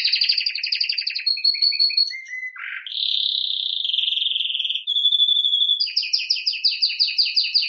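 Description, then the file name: Canary song: bright phrases of rapid trilled notes, a lower slurred note, then a long buzzy rolling tour, a steady whistle and fast repeated chirps, with no other sounds. "Canary Voice"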